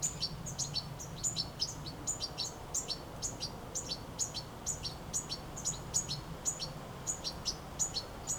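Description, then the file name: European goldfinch calls: bright, tinkling high chirps in quick clusters, repeated steadily throughout over a low background hum. "Carduelis carduelis"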